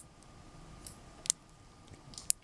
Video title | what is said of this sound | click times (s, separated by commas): Helical structures formed with regular tetrahedrons connected by their edges | can be rotated to two different positions it'll lock into place both ends | 1.3 s, 2.3 s